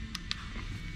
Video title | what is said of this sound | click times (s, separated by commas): Mustang up date I might be putting a bigger motor in my mustang | you can't hear that click that affirmative click enough so | 0.3 s